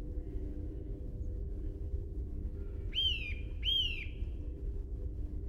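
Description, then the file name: Eurasian nuthatch giving two bright, ringing whistled notes less than a second apart, each arching up then down, against a low background hum. "Sitta europaea"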